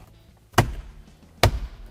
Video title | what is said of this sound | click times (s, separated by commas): 2018-2023 Jeep Wrangler/Gladiator - 10.1" UBN Uconnect 5 Touchscreen Upgrade - Infotainment.com | That'll clip in. | 0.6 s, 1.4 s